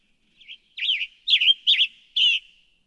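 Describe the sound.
Western tanager song of five hoarse, slurred phrases, the first soft and brief, the rest fuller and buzzier, in a steady clear sequence.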